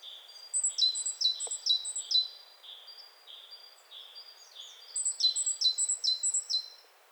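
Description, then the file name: Great tit uttering quick trains of sharp high notes sliding downward, a long burst, fainter notes, then another burst, over a soft hiss. "Parus major"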